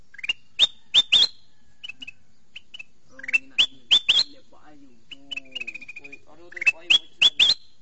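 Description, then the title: Sooty-headed bulbul: sharp upslurred whistles in fast groups, a brief chatter of short notes, and faint lower harmonic sounds in the middle. "Suara Burung Kutilang"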